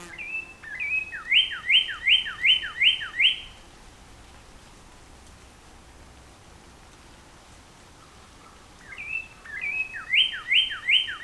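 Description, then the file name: Northern Cardinal singing two songs about nine seconds apart, each with short opening whistles followed by a rapid run of repeated slurred notes, with a quiet gap between. Recorded on 14 April 2018; the recording holds nine songs. "2018-04-14 NOCA-9 Songs"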